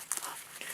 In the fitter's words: and then snaps into place